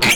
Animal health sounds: pig call; piglet (1 to 25 days)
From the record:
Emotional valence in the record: negative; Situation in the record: castration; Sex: male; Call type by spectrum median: high-frequency call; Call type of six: high-frequency stable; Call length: 0.15 s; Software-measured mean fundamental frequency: 230 Hz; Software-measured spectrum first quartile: 1775 Hz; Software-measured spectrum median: 2741 Hz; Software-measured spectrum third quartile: 4948 Hz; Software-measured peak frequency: 2325 Hz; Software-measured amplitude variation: 50 dB a second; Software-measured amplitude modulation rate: 16.5 a second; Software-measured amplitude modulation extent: 3.0 dB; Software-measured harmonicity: 1.4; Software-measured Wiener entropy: -1.56

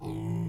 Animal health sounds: pig call; weaner (32 to 43 days)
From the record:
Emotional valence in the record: negative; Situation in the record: negative conditioning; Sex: female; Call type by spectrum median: low-frequency call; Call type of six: low-frequency stable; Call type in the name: low-frequency stable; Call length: 0.49 s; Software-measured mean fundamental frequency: 55 Hz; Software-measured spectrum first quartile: 134 Hz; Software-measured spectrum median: 199 Hz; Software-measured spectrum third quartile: 395 Hz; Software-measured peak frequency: 149 Hz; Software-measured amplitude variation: 112 dB a second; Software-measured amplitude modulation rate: 40.5 a second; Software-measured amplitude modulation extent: 2.8 dB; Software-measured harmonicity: 1.2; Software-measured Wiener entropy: -0.25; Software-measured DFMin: 614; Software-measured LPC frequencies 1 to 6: 244, 871, 2125, 2831, 3508, 4119 Hz

